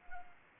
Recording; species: mosquito wingbeat signal from an infrared sensor; Anopheles arabiensis